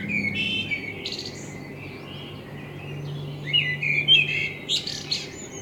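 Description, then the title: Common blackbird song: a low fluted warble, then high twittering notes, with a second phrase after a pause over a steady low hum. Binaural dummy-head recording with a self-built artificial head, made in front of the recordist's window; intended for headphone listening. "Kunstkopfaufnahme der Amsel vor meinem Fenster"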